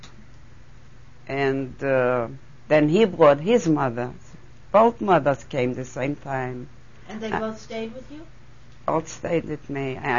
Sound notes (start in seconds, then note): none